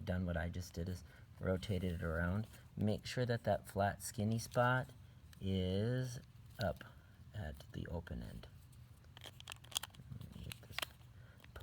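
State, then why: Seated. Someone talks while reassembling a Jeep Wagoneer remote key fob after a battery replacement, pressing the two plastic halves of the case back together, bottom end first. Several short clicks follow, with the halves snapping into place at 9.8 s, and the case is seated.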